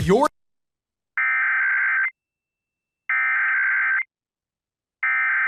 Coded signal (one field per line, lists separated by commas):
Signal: Emergency Alert System (SAME) tones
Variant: header bursts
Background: speech